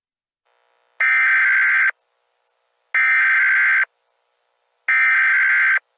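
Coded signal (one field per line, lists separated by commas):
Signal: Emergency Alert System (SAME) tones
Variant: header bursts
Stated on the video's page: Fictional comedy EAS alert, a made-up scenario rather than a real broadcast.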